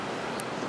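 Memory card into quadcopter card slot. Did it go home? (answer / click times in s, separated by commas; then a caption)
yes / 0.4 s. A micro SD card is pushed into the tiny card slot under a Dromida Kodo micro quadcopter, against a steady broadband hiss. A short, sharp, high-pitched click sounds at 0.4 s as the card seats in the slot.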